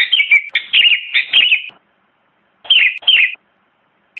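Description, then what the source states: Sooty-headed bulbul giving a lively run of liquid, warbled notes, then silence and two shorter chirpy phrases. Kutilang, described as gacor, singing actively and persistently.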